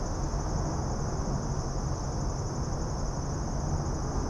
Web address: Suburban din day insects. boom library Urban and Suburban